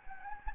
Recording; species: mosquito wingbeat signal from an infrared sensor; Anopheles gambiae